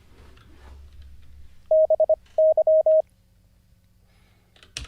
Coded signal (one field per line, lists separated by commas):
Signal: Morse code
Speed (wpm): 25 wpm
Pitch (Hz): 630 Hz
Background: none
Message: BY